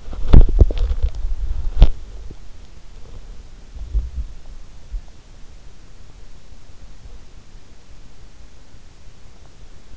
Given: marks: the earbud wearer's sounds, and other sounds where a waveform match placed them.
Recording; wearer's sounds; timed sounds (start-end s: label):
sounds in sleep by an in-ear microphone; body movement
0.00-4.52 s: body movement